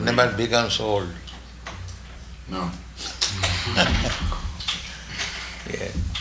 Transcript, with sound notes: It never becomes old. No. [chuckles] Yes.